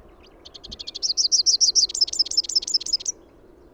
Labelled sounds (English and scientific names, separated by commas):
Rufous-capped Warbler (Basileuterus rufifrons) song